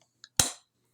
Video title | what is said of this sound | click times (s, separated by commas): Remembering that God has said His grace is sufficient. | Once I hear the click, I can lift up | 0.4 s